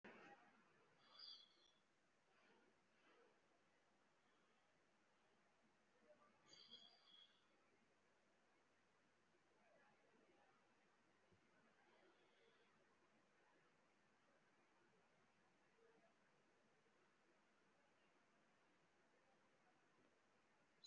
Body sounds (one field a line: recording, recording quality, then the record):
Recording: deep breathing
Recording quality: moderate, slight background noise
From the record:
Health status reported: respiratory illness, not identified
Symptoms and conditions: fatigue, another respiratory illness, another condition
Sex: male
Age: 65 years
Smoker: no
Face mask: worn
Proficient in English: no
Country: India